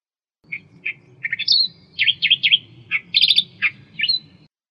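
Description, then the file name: Australian reed warbler song: loud, harsh chattering phrases of repeated churring and whistled notes, varied in pitch, with a steady low hum beneath. "suara kicauan burung kerakbasi australia. omkicau"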